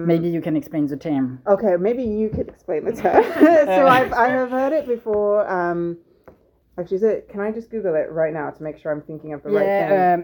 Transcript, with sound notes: Maybe you can explain the term. Okay, maybe you could explain the term! [laugh] I have heard it before… but it is kind of difficult right now to make sure I’m thinking of the right thing.